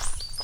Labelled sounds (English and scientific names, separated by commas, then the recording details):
Stitchbird (Notiomystis cincta) song
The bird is a male
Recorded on Tiritiri Matangi Island, New Zealand, in 2005
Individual 11, of nest box 13